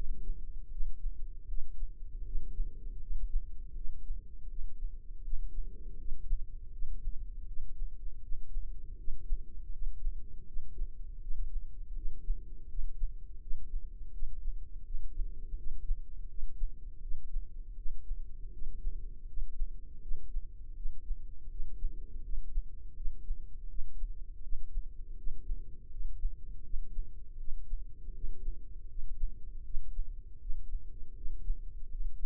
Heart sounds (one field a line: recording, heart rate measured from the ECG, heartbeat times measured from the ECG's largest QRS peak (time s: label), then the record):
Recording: heart sounds by microphone in the left ear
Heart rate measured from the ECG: 81 bpm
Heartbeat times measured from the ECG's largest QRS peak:
0.69 s: heartbeat
1.46 s: heartbeat
2.24 s: heartbeat
2.99 s: heartbeat
3.73 s: heartbeat
4.47 s: heartbeat
5.22 s: heartbeat
5.96 s: heartbeat
6.70 s: heartbeat
7.45 s: heartbeat
8.20 s: heartbeat
8.96 s: heartbeat
9.71 s: heartbeat
10.45 s: heartbeat
11.19 s: heartbeat
11.94 s: heartbeat
12.67 s: heartbeat
13.39 s: heartbeat
14.11 s: heartbeat
14.83 s: heartbeat
15.55 s: heartbeat
16.27 s: heartbeat
16.99 s: heartbeat
17.74 s: heartbeat
18.51 s: heartbeat
19.26 s: heartbeat
20.00 s: heartbeat
20.74 s: heartbeat
21.48 s: heartbeat
22.22 s: heartbeat
22.94 s: heartbeat
23.67 s: heartbeat
24.41 s: heartbeat
25.15 s: heartbeat
25.89 s: heartbeat
26.62 s: heartbeat
27.37 s: heartbeat
28.12 s: heartbeat
28.87 s: heartbeat
29.63 s: heartbeat
30.38 s: heartbeat
31.14 s: heartbeat
31.89 s: heartbeat
From the record:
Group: healthy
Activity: rest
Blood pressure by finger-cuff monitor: 113/73 mmHg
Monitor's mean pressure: 86 mmHg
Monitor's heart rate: 81 bpm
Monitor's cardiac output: 5.7 L/min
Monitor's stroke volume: 71 mL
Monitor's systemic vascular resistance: 1100 dyn s/cm5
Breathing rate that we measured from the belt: 19 breaths a minute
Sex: female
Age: 43 years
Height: 160 cm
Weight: 90 kg